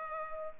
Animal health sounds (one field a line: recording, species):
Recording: mosquito wingbeat signal from an infrared sensor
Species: Culex pipiens